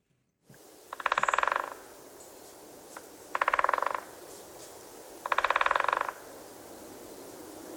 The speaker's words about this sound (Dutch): Ja, want over het algemeen hoor je meer dan dat je hem ziet. Een specht die met zijn snavel op een boom klopt om zo insecten naar boven te halen.